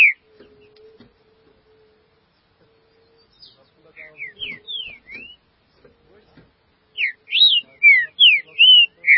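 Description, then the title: Green-winged saltator starting with soft whistles over a faint low hum and light taps, building to a strong closing run of clear slurred whistled notes. "Trinca Ferro"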